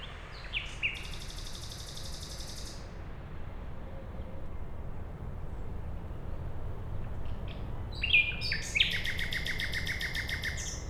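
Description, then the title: Common nightingale song: a bright phrase of rapid repeated notes, a pause, then another rich rattling phrase, over a steady low rumble. At night beside a road in Siemianowice Śląskie, Poland, on Monday 20 May 2019, using a Zoom H5 recorder and Audio-Technica BP4025 microphone. "Bohaterów Westerplatte, 41-106 Siemianowice Śląskie, Polska - Nightingale"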